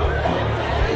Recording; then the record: background sound without coughing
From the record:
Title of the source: CITY SOUNDS Busy Bar in the Evening Night - 2 HOURS of Ambiance for Relaxation